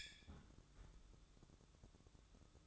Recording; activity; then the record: daily activity, microphone in the room; close fridge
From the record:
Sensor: 3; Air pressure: 1007.7 hPa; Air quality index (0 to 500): 60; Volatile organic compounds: 1 ppm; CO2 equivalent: 611 ppm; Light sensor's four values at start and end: 14/32/14/14 and 14/32/14/14